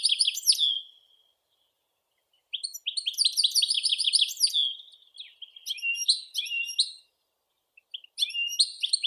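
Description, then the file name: European goldfinch song in several tinkling, twittering phrases separated by short silences; no other sounds. "Golosa ptic - CSHegol Carduelis carduelis"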